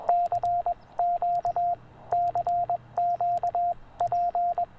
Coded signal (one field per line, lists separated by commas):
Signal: Morse code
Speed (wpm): 21 wpm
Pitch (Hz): 700 Hz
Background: radio noise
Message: CQ CQP